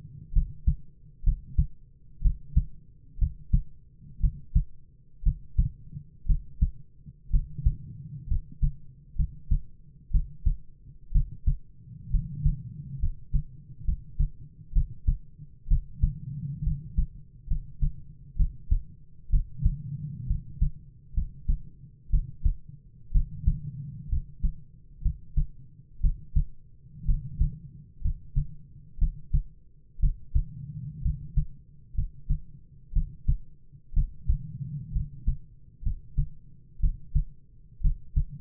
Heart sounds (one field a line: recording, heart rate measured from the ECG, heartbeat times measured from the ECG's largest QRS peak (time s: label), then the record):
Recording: heart sounds by stethoscope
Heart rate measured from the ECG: 62 bpm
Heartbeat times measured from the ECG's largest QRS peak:
0.32 s: heartbeat
1.23 s: heartbeat
2.21 s: heartbeat
3.18 s: heartbeat
4.20 s: heartbeat
5.22 s: heartbeat
6.26 s: heartbeat
7.30 s: heartbeat
8.27 s: heartbeat
9.15 s: heartbeat
10.10 s: heartbeat
11.11 s: heartbeat
12.10 s: heartbeat
12.98 s: heartbeat
13.84 s: heartbeat
14.72 s: heartbeat
15.67 s: heartbeat
16.63 s: heartbeat
17.47 s: heartbeat
18.36 s: heartbeat
19.29 s: heartbeat
20.26 s: heartbeat
21.13 s: heartbeat
22.10 s: heartbeat
23.11 s: heartbeat
24.08 s: heartbeat
25.01 s: heartbeat
26.00 s: heartbeat
27.05 s: heartbeat
28.01 s: heartbeat
28.98 s: heartbeat
29.99 s: heartbeat
31.01 s: heartbeat
31.94 s: heartbeat
32.92 s: heartbeat
33.93 s: heartbeat
34.92 s: heartbeat
35.82 s: heartbeat
36.79 s: heartbeat
37.81 s: heartbeat
From the record:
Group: healthy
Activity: rest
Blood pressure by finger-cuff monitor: 98/52 mmHg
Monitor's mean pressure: 62 mmHg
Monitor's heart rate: 61 bpm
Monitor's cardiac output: 7.1 L/min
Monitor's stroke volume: 114 mL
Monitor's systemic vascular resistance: 620 dyn s/cm5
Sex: male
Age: 22 years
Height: 185 cm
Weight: 112.4 kg